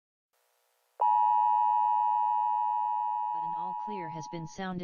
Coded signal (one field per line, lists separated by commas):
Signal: Emergency Alert System (SAME) tones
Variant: 853 and 960 Hz attention tone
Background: speech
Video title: EAS SCENARIO | America Gone to Hell - Part 2